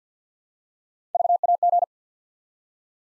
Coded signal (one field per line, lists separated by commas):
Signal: Morse code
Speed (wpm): 50 wpm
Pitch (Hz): 700 Hz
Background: none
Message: VAG